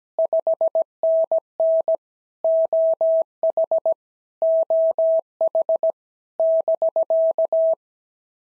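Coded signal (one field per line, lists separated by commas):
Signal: Morse code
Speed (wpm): 17 wpm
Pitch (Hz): 650 Hz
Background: none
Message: 5NN OH OH <BK>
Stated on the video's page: POTA exchange practice sent at 17 wpm, each exchange sent in Morse twice.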